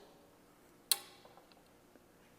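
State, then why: Seated. A single sharp snap at 0.9 s stands well above the quiet room, a small plastic part clipping on.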